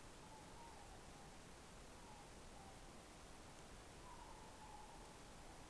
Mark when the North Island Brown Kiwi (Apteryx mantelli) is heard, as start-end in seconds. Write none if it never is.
none